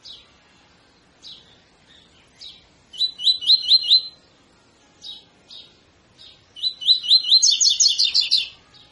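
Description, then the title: Double-collared seedeater song with scattered single chips, then a quick series of rising whistled notes, and later a longer phrase ending in a rapid high trill. Tutor song in the 'tui tui' style, used for training birds to sing. "COLEIRO TUI TUI FIBRA CANTO PROFESSOR"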